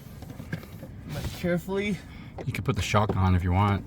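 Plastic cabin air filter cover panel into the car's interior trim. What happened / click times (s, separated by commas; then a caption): The plastic access panel snapped closed / 0.5 s. After the blocking wire harness is moved aside, the plastic cabin air filter cover panel on a 2021–2024 Ford Mustang Mach-E is pushed closed into the car's interior trim. It snaps and clips into place with a short, sharp click at 0.5 s. Someone talks afterward.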